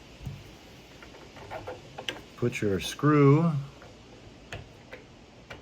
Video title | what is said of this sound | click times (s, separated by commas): Is This The Best Battery Powered Cultivator? My Review of the MZK 20V Cordless Tiller Cultivator | pull out your screw slide this over till it clicks in | 2.0 s, 2.1 s